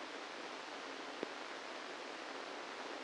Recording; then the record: brain microelectrode recording played as sound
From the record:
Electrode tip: inside the subthalamic nucleus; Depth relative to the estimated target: -1 mm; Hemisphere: right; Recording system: NeuroSet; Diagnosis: Parkinson's disease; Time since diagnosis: 8 years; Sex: male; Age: 65 years